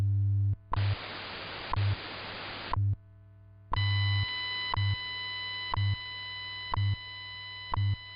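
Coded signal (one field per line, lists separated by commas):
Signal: radio time signal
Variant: WWV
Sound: low hum with ticks each second, a two-second hiss burst, then several steady tones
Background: radio static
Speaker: M will be broadcasting a test signal on minute eight of each hour on WWV and minute 48 on wwvh this signal has been created to assist in ionospheric research and is a joint effort of the ham radio citizen science investigation and nist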